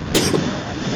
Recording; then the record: coughing mixed with background sound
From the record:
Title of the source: 55 gaggy wet cough